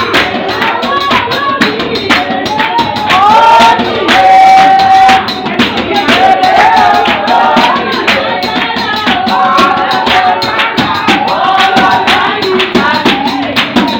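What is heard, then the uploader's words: African drumming with clapping and a ringing bell, dense and steady for the whole stretch. Sharp strikes and claps come thick and regular, while a bright sustained tone rises above them around four to five seconds and again near ten. Voices mingle underneath. Praising God the Christ Apostolic Church way! We had this worker's praise meeting after work and it was all about clapping and bell and the African drumming way!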